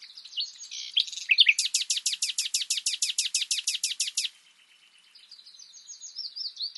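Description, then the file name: Common nightingale song: varied opening notes, then a fast, loud run of many identical sharp repeated notes, followed by softer chirping phrases. "Luscinia megarhynchos"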